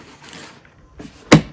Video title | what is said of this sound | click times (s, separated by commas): HD Agro predstavljanje: "Villager" akumulatorska prskalica | Evo, kliknulo je i vratite vratanca. | 1.3 s